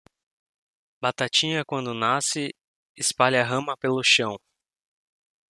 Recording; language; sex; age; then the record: short text; Brazilian Portuguese; male; 30 to 39 years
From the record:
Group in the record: control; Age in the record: 36 years